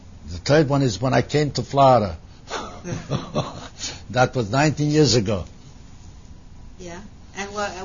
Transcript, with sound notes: The third one is when I came to Florida. (they both laugh) That was nineteen years ago.